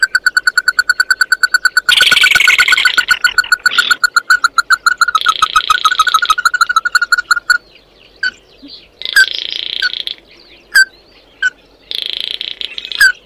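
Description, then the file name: Bird calls: a fast series of clipped harmonic notes, then buzzy grating bursts alternating with sharp single chirps. "Tieng chim mat do"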